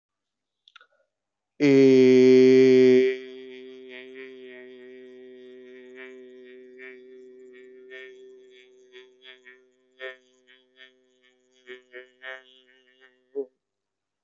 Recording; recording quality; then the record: sustained vowel as in made; excellent, no background noise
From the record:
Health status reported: healthy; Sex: male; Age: 34 years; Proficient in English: yes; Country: India